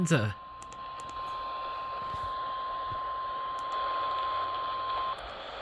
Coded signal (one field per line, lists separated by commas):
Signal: Emergency Alert System (SAME) tones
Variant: 1050 Hz attention tone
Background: speech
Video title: eas svr Eas#312